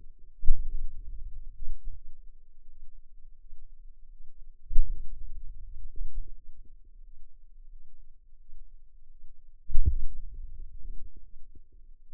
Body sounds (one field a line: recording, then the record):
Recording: forearm muscle sounds (acoustic myography)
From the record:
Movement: hand opening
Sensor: system 2, bracelet of six BSWA MPA416 microphones around the upper forearm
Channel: 6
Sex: female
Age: 23 years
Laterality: right